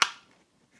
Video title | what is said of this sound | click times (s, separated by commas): PITAKA MagMount Qi Fast Wireless Charger Review | Make sure it clicks, and then you just tighten that. | 0.0 s